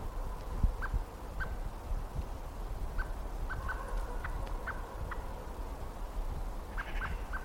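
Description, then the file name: Common blackbird giving short, sharp clucking call notes, single or in quick pairs, spaced irregularly throughout over a steady low rumble of background noise. "Turdus merula"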